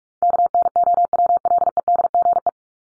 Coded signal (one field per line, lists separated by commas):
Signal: Morse code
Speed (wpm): 44 wpm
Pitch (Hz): 700 Hz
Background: none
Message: KNOWLEDGE